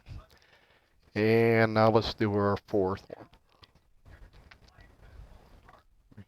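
Someone talks while the fourth RAM stick is lined up in the motherboard's DIMM slot before being pushed down, followed by small, quiet handling noises. Nothing has seated or clicked yet.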